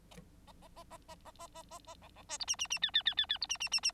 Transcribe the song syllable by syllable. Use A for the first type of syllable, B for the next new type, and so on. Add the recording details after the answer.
A A A A A A A A A A B B C D E E E F F F F F D E E E E. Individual Bird9